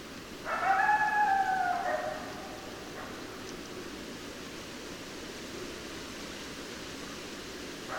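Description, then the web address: Coyote howl, one slightly falling cry about one and a half seconds long, followed by a few faint short calls in steady hiss. Several coyotes, recorded 10 December 2012. "sounds mammals Coyote 2012 12 10 Coyotes"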